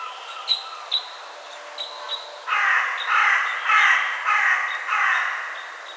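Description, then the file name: Carrion crow with a run of five hoarse caws after a quiet start where another bird gives thin, high chipping notes. "Corvus corone"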